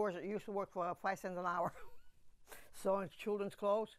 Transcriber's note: she laughs